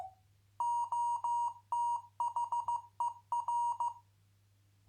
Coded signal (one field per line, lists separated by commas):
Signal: Morse code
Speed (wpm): 15 wpm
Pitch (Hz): 950 Hz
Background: none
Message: OTHER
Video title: MorseLAB 2.7 #amateurradio #hamradio #cw #morsecode #radioamateur